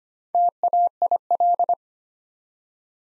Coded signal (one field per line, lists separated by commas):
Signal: Morse code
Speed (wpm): 25 wpm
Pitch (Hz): 700 Hz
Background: none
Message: TAIL